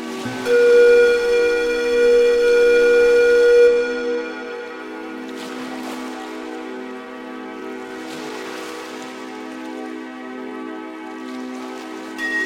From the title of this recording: Peaceful Music with Nature Sounds: Ocean Wave, Rain, Brook, Waterscapes